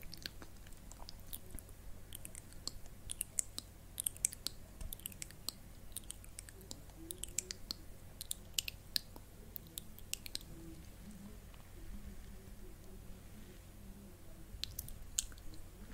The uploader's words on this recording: ASMR Personal Attention For Tingles Face Touching, Camera Tapping, Air Tracing.